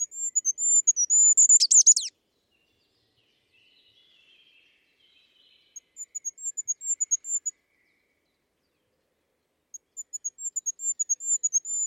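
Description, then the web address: Bird giving a rapid series of very high, thin piping notes that swell in loudness and end in a sharp buzzy flourish, followed by a pause and two more high note runs. "birddata Deverinetal 2025 Bird Only"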